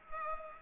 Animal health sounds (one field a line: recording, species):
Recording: mosquito wingbeat signal from an infrared sensor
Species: Culex pipiens